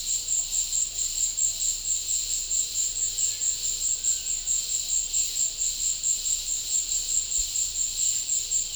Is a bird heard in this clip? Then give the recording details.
no. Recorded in pastures near Puerto Asís, Putumayo, Colombia, on 26 December 2024 at 14:00. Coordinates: 0.496, -76.326. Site G004